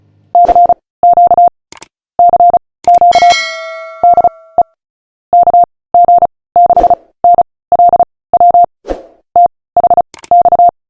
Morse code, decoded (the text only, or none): CQ CQ DE KG6NLW THX